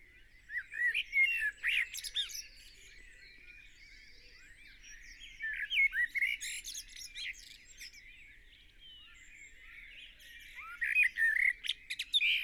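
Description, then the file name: Common blackbird song: three warbled phrases spaced a few seconds apart, with squeaky high notes; other birds chatter softly between them. "Turdus merula"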